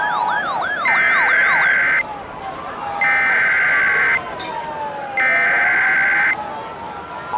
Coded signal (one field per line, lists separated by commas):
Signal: Emergency Alert System (SAME) tones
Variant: header bursts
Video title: (EAS Scenario) Minneapolis Massacre Redux